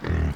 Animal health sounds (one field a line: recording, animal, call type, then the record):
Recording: contact call of a hoofed animal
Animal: wild boar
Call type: grunt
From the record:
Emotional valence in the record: positive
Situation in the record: food anticipation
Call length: 0.36 s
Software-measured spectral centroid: 1410 Hz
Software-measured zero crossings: 1100 a second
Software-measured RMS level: -24 dBFS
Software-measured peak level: -15 dBFS